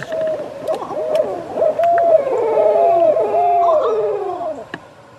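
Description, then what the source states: Barred owls caterwauling: several overlapping hoots, cackles and sliding, descending wails tumble over one another in a loud, chaotic back-and-forth chorus. Group of barred owls calling back and forth in a caterwauling cacophony, likened to a bunch of monkeys up in a tree.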